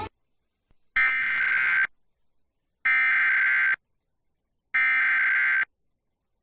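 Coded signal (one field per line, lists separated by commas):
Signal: Emergency Alert System (SAME) tones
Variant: header bursts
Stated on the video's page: Real valid EAS severe thunderstorm and flash flood warnings for Laredo, Texas, captured from local FM stations.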